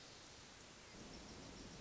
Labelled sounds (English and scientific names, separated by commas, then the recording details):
Hermit Thrush (Catharus guttatus)
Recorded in Sonoma County, California